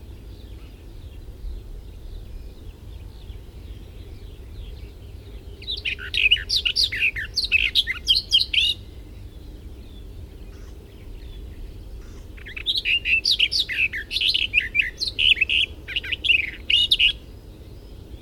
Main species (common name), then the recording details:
Barred Warbler. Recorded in the wild. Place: Wostevitz, Insel Rügen, Mecklenburg-Vorpommern, DE. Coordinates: 54.498, 13.567. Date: 1971-05-30. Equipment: Nagra III BH, Sennheiser MD 21, parabola. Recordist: Schubert, Michael. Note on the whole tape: Gesang Sperbergrasmücke